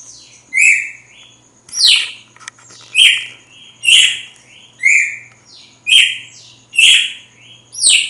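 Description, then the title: Red-cowled cardinal singing short, loud, whistled phrases of falling notes, about one per second, over a faint steady high tone and a low hum. Female; sings strongly at dawn after the moult. "Canto Galo Campina Fêmea. GALO DE CAMPINA AÇOITA FORTE NA MADRUGADA DEPOIS DA MUDA"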